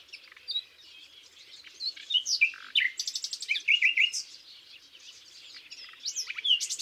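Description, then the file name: Common nightingale song: varied rich phrases mixing high whistles, sharp chirps and a fast buzzy rattle of repeated notes, with a louder rapid burst in the middle. "Luscinia megarhynchos"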